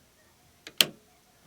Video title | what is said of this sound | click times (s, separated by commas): ShinSung Career Ultra - Part 1 (modifications) | you go forward, you will hear the click once this locking mechanism engages. That's the click, and this part jumps out. | 0.8 s